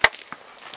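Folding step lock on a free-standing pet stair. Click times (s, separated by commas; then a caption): 0.0 s. A fold-down step on a plastic Pet Gear free-standing pet stair is pushed back down until its lock engages, seating with a sharp, loud snap at 0.0 s. Fainter ticks and knocks follow at about 0.2, 0.3 and 0.7 s as the step settles, and the step is locked in place.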